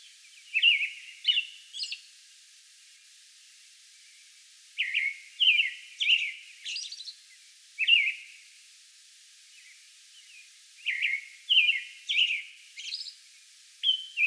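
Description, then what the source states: American robin singing warbled caroling phrases in bursts, with pauses of a few seconds between groups. Song bout recorded on May 11.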